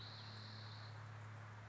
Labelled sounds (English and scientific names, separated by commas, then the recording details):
Spotted Towhee (Pipilo maculatus)
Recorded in Sonoma County, California